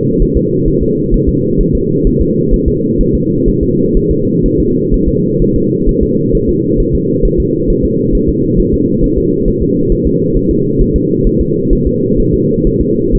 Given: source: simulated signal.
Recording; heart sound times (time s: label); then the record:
fetal heart sounds
0.22 s: S1
0.37 s: S2
0.68 s: S1
0.83 s: S2
1.14 s: S1
1.29 s: S2
1.61 s: S1
1.75 s: S2
2.07 s: S1
2.21 s: S2
2.54 s: S1
2.68 s: S2
3.01 s: S1
3.15 s: S2
3.49 s: S1
3.63 s: S2
3.97 s: S1
4.11 s: S2
4.46 s: S1
4.60 s: S2
4.94 s: S1
5.09 s: S2
5.42 s: S1
5.56 s: S2
5.89 s: S1
6.03 s: S2
6.35 s: S1
6.49 s: S2
6.80 s: S1
6.95 s: S2
7.25 s: S1
7.40 s: S2
7.70 s: S1
7.85 s: S2
8.15 s: S1
8.29 s: S2
8.60 s: S1
8.74 s: S2
9.04 s: S1
9.18 s: S2
9.48 s: S1
9.62 s: S2
9.92 s: S1
10.07 s: S2
10.37 s: S1
10.51 s: S2
10.81 s: S1
10.96 s: S2
11.27 s: S1
11.41 s: S2
11.73 s: S1
11.87 s: S2
12.20 s: S1
12.34 s: S2
12.67 s: S1
12.81 s: S2
13.15 s: S1
From the record:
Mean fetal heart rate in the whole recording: 130 bpm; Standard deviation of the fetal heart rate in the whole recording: 4 bpm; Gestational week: 38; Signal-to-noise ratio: -11.2 dB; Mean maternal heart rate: 72 bpm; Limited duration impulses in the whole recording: present